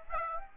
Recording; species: mosquito wingbeat signal from an infrared sensor; Aedes aegypti